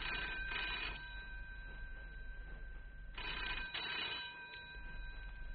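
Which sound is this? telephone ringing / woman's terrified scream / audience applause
telephone ringing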